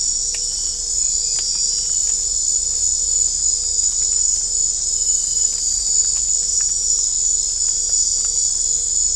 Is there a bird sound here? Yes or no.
no